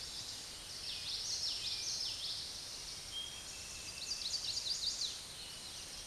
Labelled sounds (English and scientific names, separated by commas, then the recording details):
Common Yellowthroat (Geothlypis trichas) song
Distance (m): 30 m
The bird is about level with the microphone
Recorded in a Pennsylvania forest on 16 May 2024 at 06:29
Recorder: AudioMoth, point MSD-2304
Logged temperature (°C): 16.0 °C
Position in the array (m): 231 m, 181 m